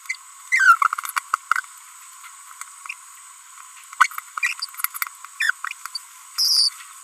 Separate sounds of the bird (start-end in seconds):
0.10-0.15, 0.52-0.78, 4.00-4.07, 4.43-4.53, 5.41-5.51, 5.95-5.97, 6.38-6.69